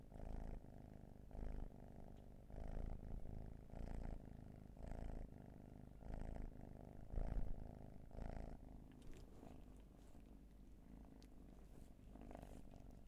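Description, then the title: Cat purring, a low rumbling drone pulsing with each breath about once a second, with faint rustles toward the end. Purring, raw and unprocessed. "Purrathon"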